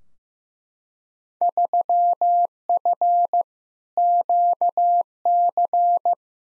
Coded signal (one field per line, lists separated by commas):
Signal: Morse code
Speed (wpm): 15 wpm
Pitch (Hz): 700 Hz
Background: none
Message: 3F QC